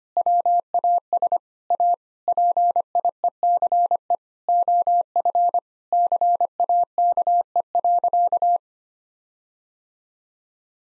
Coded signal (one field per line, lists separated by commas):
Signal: Morse code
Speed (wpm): 25 wpm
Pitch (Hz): 700 Hz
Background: none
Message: WAS A PIECE OF CAKE.